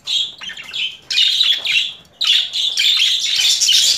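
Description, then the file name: Budgerigar warbling chatter, loud buzzy squawks and twittering notes strung together nearly without a break after a short pause near the middle. Female budgerigar; mixed sounds. "Karisik Sesler Disi Muhabbet Kusu Sesi"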